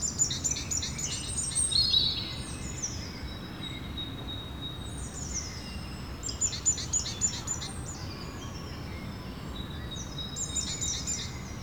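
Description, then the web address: Birds singing in chorus, high thin whistles and twittering phrases overlapping from several birds, over a steady low rumbling background noise. Birds recorded in the evening. "Effects 02-Birds, Insects Animals. Birds evening"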